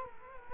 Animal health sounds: mosquito wingbeat signal from an infrared sensor; Culex quinquefasciatus

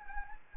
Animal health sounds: mosquito wingbeat signal from an infrared sensor; Anopheles gambiae

